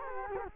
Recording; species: mosquito wingbeat signal from an infrared sensor; Culex quinquefasciatus